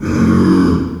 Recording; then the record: squeal of a Yucatan mini pig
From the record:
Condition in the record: after surgery on the right vocal fold (resection and tissue-engineered implant); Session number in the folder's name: 12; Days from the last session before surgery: 105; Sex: female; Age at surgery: 19 weeks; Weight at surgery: 25 kg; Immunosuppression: prednisolone